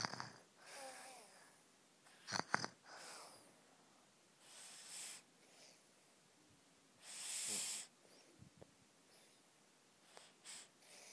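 Soft, hissy breathing noises recur every few seconds in a quiet room, with a couple of brief snorts and clicks and little deep rumble. These are light snores from an adult asleep at 3 a.m.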